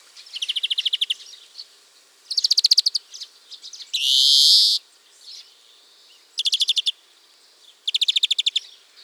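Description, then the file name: European greenfinch song with fast ringing trill bursts and one long nasal wheeze in the middle, repeated in separate phrases every second or two. "Chloris chloris"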